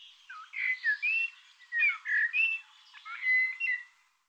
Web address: cianscape birddata Deverinetal 2025 Bird Tu Me Tu Me